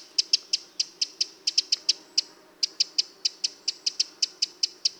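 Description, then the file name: Eurasian wren uttering a steady string of sharp, dry tick notes, several per second, broken by one brief pause, over a soft low background hum. "Troglodytes troglodytes"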